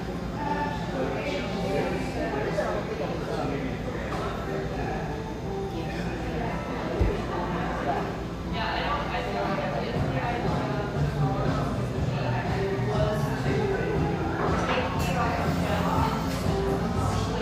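Bustling café background noise with a steady wash of overlapping voices, many people talking at once without any single voice standing clear. The chatter stays dense and even throughout, broken by brief clinks and knocks, including a sharper one near seven seconds.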